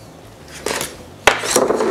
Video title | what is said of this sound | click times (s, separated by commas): Building the Prusa Printer MMU2S Enclosure V2 (Part 2) | the 360 millimetre PTFE tube and slide the little ends on and make sure they kind of snap into place well | 1.3 s